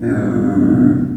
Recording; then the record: squeal of a Yucatan mini pig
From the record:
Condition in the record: after surgery on the right vocal fold (resection and tissue-engineered implant); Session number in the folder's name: 4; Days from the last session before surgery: 26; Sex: female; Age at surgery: 19 weeks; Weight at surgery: 25 kg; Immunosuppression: prednisolone